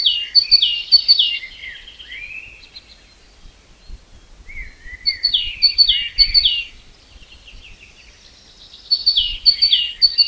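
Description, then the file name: Great tit song in bursts of rapid, sharp downslurred notes mixed with softer warbling, separated by quieter gaps with a few lower chirps. "Parus major"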